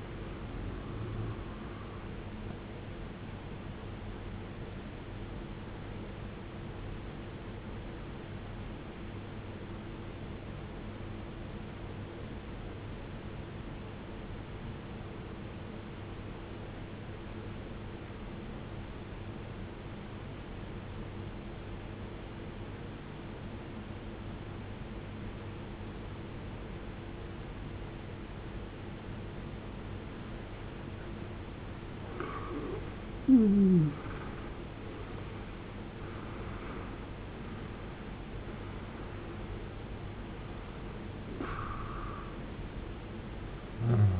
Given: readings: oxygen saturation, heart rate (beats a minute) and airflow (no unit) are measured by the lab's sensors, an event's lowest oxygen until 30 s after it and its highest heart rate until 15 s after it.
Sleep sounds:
breathing in sleep by a voice recorder at the bedside; 1
10.00-34.80 s: obstructive apnea (N1, oxygen 94% highest, then 83% lowest, heart rate 53 at the start, 76 highest)
From the record:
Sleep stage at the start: N1 (lightest sleep); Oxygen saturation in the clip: 83 to 94%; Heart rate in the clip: 53 to 76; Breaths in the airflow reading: 6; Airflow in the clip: -18.3 to 18.0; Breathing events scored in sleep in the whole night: 389 in 6.3 hours asleep

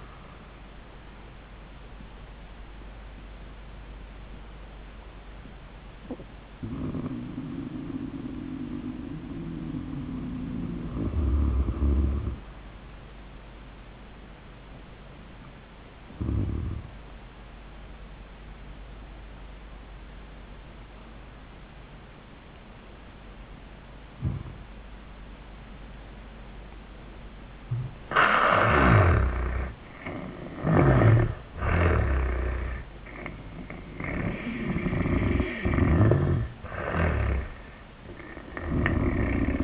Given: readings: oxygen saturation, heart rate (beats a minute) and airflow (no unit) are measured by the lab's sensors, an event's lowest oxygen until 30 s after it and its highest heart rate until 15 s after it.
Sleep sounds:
breathing in sleep by a voice recorder at the bedside; 1
4.00-30.40 s: hypopnea (N1, oxygen 96% highest, then 80% lowest, heart rate 104 at the start, 104 highest)
From the record:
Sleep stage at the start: N1 (lightest sleep); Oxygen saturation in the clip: 78 to 96%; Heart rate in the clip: 71 to 104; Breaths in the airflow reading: 6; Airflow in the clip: -24.0 to 18.8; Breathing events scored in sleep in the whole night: 400 in 8.7 hours asleep

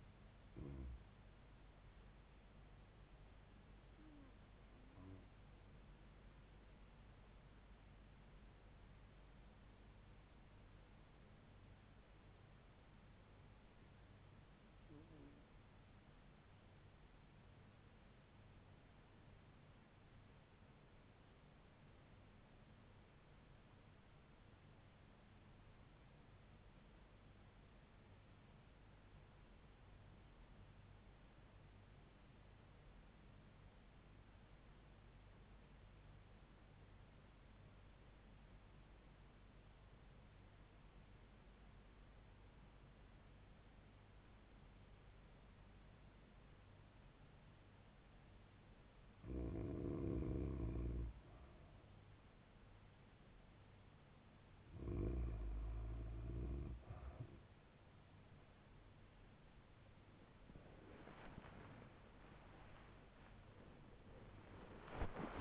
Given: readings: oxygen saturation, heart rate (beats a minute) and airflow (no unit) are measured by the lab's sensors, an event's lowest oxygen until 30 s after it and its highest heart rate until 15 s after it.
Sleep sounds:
breathing in sleep by a voice recorder at the bedside; 1
4.00-52.10 s: hypopnea (REM, oxygen 99% highest, then 90% lowest, heart rate 72 at the start, 98 highest)
60.00-65.41 s: new sleep stage, awake
From the record:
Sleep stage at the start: REM sleep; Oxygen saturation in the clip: 90 to 99%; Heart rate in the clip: 70 to 96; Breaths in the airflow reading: 14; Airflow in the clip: -6.0 to 5.2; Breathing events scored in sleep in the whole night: 158 in 7.3 hours asleep

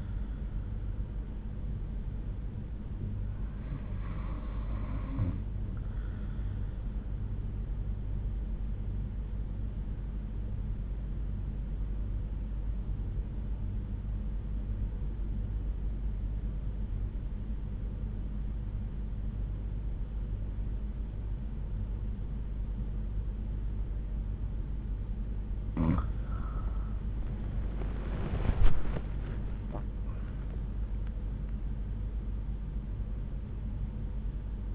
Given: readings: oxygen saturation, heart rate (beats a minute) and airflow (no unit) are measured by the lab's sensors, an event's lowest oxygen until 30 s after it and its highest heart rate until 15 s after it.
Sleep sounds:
breathing in sleep by a smartphone at the bedside; 1
13.00-27.10 s: obstructive apnea (N1, oxygen 94% highest, then 94% lowest)
From the record:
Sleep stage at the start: N1 (lightest sleep); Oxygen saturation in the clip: 92 to 96%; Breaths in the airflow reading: 3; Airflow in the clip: -8.2 to 11.9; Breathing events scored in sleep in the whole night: 368 in 8.0 hours asleep

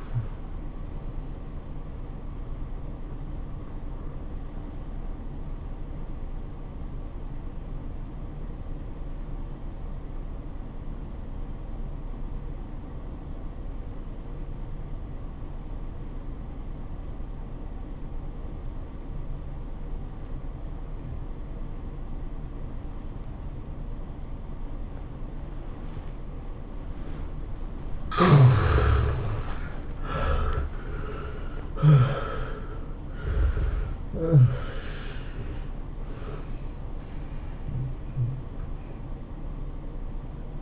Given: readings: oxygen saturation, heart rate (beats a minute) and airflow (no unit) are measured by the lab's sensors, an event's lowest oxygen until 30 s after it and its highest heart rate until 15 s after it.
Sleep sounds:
breathing in sleep by a smartphone at the bedside; 1
4.00-30.20 s: obstructive apnea (N1, oxygen 95% highest, then 70% lowest, heart rate 91 at the start, 107 highest)
From the record:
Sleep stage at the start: N1 (lightest sleep); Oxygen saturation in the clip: 69 to 95%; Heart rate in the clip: 80 to 108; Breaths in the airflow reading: 4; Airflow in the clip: -15.6 to 15.7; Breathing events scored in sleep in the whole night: 403 in 5.5 hours asleep

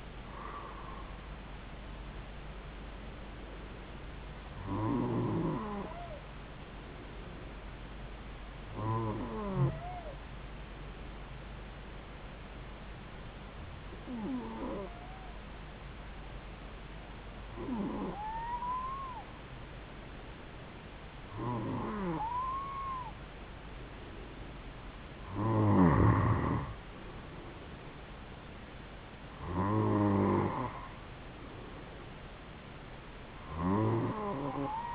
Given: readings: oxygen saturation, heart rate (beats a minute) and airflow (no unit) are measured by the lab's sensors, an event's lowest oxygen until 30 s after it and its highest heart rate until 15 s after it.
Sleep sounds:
breathing in sleep by a voice recorder at the bedside; 1
11.00-22.50 s: hypopnea (N2, oxygen 94% highest, then 91% lowest, heart rate 66 at the start, 73 highest)
From the record:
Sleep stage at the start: N2 (light sleep); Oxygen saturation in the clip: 91 to 94%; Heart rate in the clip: 66 to 76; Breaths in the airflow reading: 8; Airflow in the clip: -3.7 to 4.4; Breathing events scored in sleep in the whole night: 270 in 6.1 hours asleep

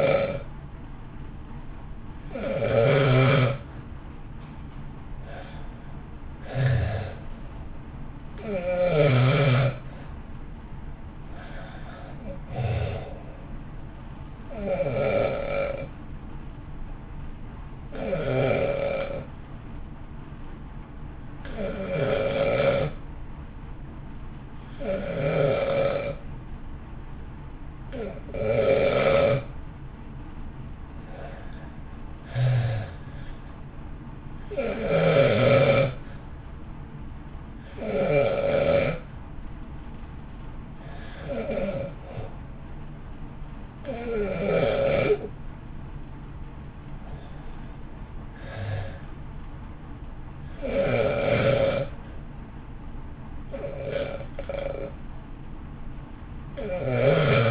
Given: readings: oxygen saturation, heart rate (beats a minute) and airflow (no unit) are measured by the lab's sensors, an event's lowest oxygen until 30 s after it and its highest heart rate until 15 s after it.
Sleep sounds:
breathing in sleep by a smartphone at the bedside; 2
5.00-20.10 s: hypopnea (REM, oxygen 94% highest, then 88% lowest, heart rate 54 at the start, 60 highest)
33.00-46.30 s: hypopnea (REM, oxygen 92% highest, then 88% lowest, heart rate 55 at the start, 58 highest)
From the record:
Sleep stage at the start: REM sleep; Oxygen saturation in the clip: 85 to 94%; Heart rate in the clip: 50 to 60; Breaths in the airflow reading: 18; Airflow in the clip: -1.4 to 1.2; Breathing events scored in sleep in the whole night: 328 in 6.3 hours asleep

